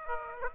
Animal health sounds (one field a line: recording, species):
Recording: mosquito wingbeat signal from an infrared sensor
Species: Aedes aegypti